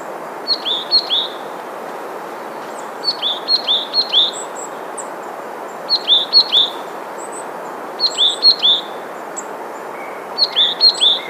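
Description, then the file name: Rufous-vented tit calling, bursts of three to four sharp high downslurred notes repeated about every two to three seconds, over steady low background hiss. "periparus rubidiventris"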